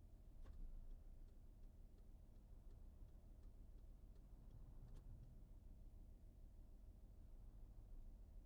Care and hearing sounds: everyday scene through a hearing-aid microphone; in a vehicle; engine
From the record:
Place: VW T5 Caravelle, diesel engine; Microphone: behind the ear, right, front

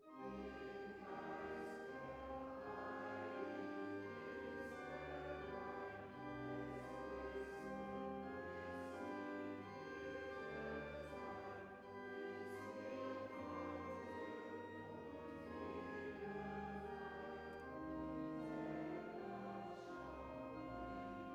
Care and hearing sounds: everyday scene through a hearing-aid microphone; reverberant space; music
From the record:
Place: church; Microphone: behind the ear, right, front

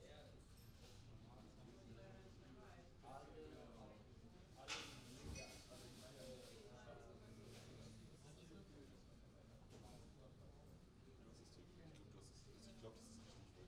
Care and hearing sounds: everyday scene through a hearing-aid microphone; many people talking; many voices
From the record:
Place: university cafeteria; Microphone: in the ear canal, right

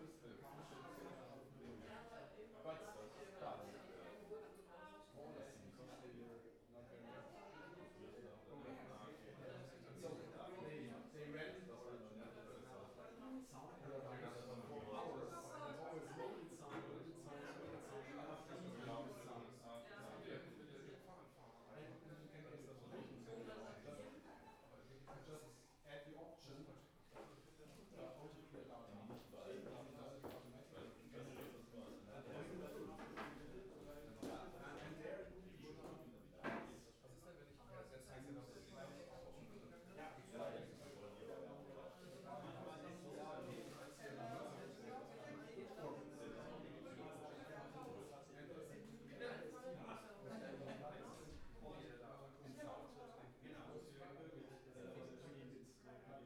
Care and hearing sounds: everyday scene through a hearing-aid microphone; many people talking; many voices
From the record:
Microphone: behind the ear, right, rear

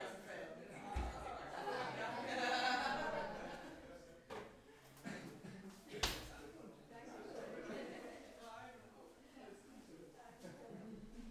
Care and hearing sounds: everyday scene through a hearing-aid microphone; many people talking; many voices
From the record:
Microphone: behind the ear, left, front

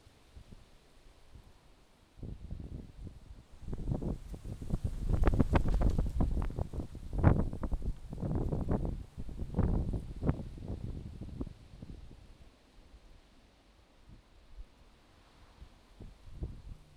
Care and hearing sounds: everyday scene through a hearing-aid microphone; wind on the microphone; wind, traffic, birds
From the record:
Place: suburban garden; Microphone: in the ear canal, left

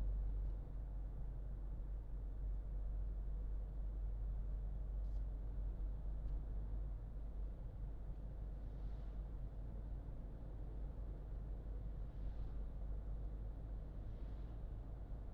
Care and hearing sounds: everyday scene through a hearing-aid microphone; in a vehicle; engine, highway driving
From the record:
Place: Berlingo II, diesel engine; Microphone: in the ear canal, left

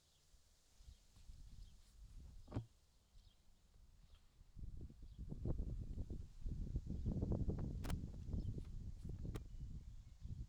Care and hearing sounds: everyday scene through a hearing-aid microphone; wind on the microphone; wind, other noises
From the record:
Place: in front of a rural house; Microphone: in the ear canal, left

